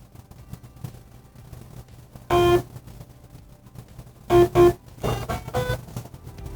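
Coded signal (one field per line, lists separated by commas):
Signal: beep code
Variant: Philips Sonicare toothbrush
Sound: one short harmonic beep, a pause, then two quick beeps, with soft clicks after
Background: quiet room, handling noise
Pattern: 1, then 2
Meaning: Brush head replacement reminder has been toggled on or off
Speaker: for the brush head replacement reminder hold until you hear one beep followed by two beeps then release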